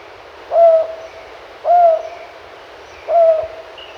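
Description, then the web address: Rufous-banded Owl giving three short, mellow hoots with a faint overtone, spaced about one to one and a half seconds apart, against light background hiss. Recorded in Ecuador. "Birds of Ecuador. Rufous-Banded Owl"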